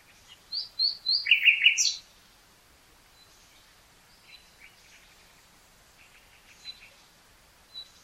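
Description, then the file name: Common nightingale song: a loud burst of rapid repeated notes in the first two seconds, then faint scattered phrases over quiet background. "Luscinia megarhynchos"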